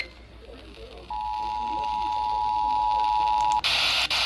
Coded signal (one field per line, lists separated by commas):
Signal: Emergency Alert System (SAME) tones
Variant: 853 and 960 Hz attention tone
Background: speech